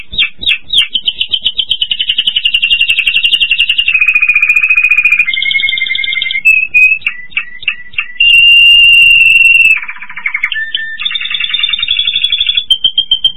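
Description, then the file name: Spanish Timbrado canary song, a varied run of high trills and rolls, shifting between pulsed rattles, smooth sustained tones and brief chirps. "Golosa ptic - Ispanskaya pevchaya kanarejka Timbrados Spanich Timbrado Canary"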